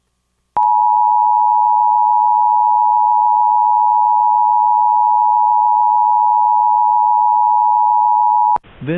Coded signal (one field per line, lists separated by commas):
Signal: Emergency Alert System (SAME) tones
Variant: 853 and 960 Hz attention tone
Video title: EAS Mock: Snowstorms.. In a middle of Spring.. (Requested)